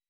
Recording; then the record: hydrophone in a shrimp aquaculture tank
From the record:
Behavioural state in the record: weakened